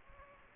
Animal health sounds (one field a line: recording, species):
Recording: mosquito wingbeat signal from an infrared sensor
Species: Aedes aegypti